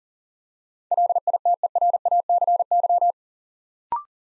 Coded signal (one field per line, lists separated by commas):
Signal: Morse code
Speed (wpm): 41 wpm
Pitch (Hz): 700 Hz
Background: none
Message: LITERACY